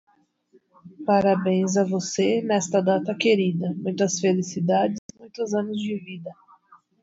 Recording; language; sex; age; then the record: short text; Brazilian Portuguese; female; 30 to 39 years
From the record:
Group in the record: control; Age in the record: 36 years